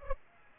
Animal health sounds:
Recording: mosquito wingbeat signal from an infrared sensor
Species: Aedes aegypti

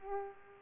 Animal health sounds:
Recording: mosquito wingbeat signal from an infrared sensor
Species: Culex pipiens

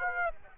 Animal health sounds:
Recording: mosquito wingbeat signal from an infrared sensor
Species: Aedes aegypti

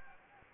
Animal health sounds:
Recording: mosquito wingbeat signal from an infrared sensor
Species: Anopheles gambiae

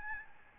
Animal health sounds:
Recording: mosquito wingbeat signal from an infrared sensor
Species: Aedes albopictus

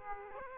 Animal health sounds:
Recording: mosquito wingbeat signal from an infrared sensor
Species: Aedes aegypti

